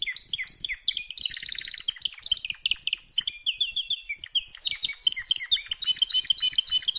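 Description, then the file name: Canary song of fast varied chirps with a buzzy rolling trill early on, then steady high twittering. "Canary Voice"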